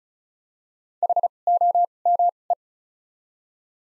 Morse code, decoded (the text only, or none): H O M E